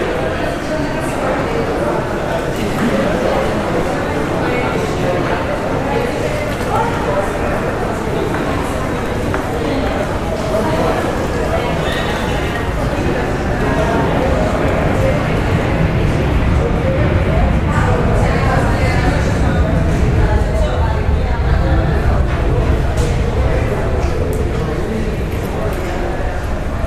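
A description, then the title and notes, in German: Airport terminal hall noise: a dense, steady blend of many overlapping voices with no single speaker standing out. A low rumble underlies it throughout, growing slightly heavier after about fifteen seconds, with scattered clicks and footsteps mixed in. Entspannende Geräusche aus der Flughafen-Abfertigungshalle.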